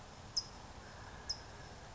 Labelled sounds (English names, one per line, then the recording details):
California Towhee
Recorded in Sonoma County, California